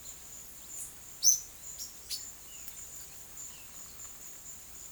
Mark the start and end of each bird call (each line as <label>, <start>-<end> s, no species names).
bird call, 1.08-2.41 s